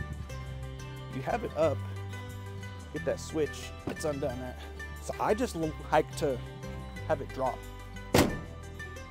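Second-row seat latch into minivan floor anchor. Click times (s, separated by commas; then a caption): 8.8 s. Someone talks over music while the second-row seat of a 1999-2004 Honda Odyssey minivan is lowered onto its floor anchors. At 8.8 s the metal latch locks home with a clunky click, leaving the seat seated and sturdy.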